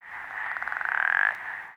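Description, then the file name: Arizona treefrog giving a single pulsed trill lasting under two seconds, the pulses quickening and growing louder before the call fades out. Recorded in the American Southwest. "hwrightorum"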